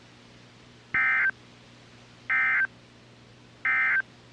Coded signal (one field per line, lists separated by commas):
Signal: Emergency Alert System (SAME) tones